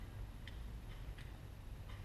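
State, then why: Partly seated. A plastic nock is pushed into the end of a Carbon Express Nano SST carbon arrow shaft with a nock tool, giving two small, sharp ticks at 0.5 s and 1.2 s over a steady low background hum. The nock is not fully seated.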